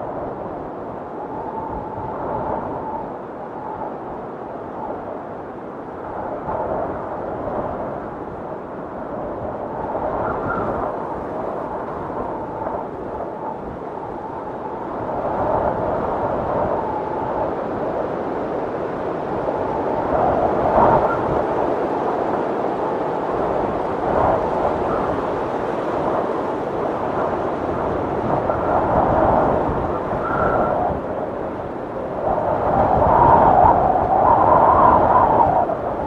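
Wind storm roaring steadily for the whole stretch, a dense low rush with gusts that swell and fade every few seconds. It grows louder after about fifteen seconds and peaks near the end, where a thin whistling tone rises above the roar.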